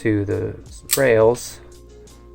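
A magazine extension is slowly slid onto the rails of a pistol magazine body. Someone talks briefly, followed by faint handling noise and a small tick near 2.1 s. Nothing has seated or clicked yet.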